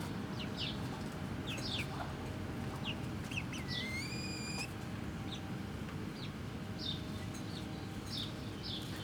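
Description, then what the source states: Chicken chicks peeping, short high descending notes scattered throughout, with one longer stepped whistle midway and constant low background noise. Hens and chicks in a henhouse in the Atelier 34zero museum garden, Jette, Brussels, Belgium; recorded with DPA 4060 microphones in AB position to a Zoom F3.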